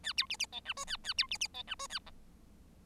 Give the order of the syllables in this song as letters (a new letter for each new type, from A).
A B C C D E F A A B C C D E F A G